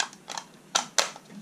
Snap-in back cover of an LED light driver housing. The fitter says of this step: and we're just going to take the cover and it just snaps back in place